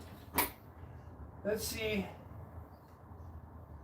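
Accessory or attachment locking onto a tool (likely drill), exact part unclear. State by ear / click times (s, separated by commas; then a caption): seated / 0.4 s. A part that normally has a lock, but is missing it on this one, is fitted into place, and a single sharp knock sounds at 0.4 s. Someone then talks briefly over low background noise. The part still locks in place without its lock.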